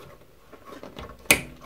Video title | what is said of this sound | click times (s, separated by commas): Adding Another Drive - Install and Windows 10 Setup | hear a little click in, all right so I'm going to feed this through the back of | 1.3 s